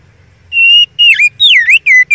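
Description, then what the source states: Oriental magpie-robin song, a brief phrase of a steady whistle followed by swooping, dipping whistled notes. Masteran training song of a first-place champion kacer.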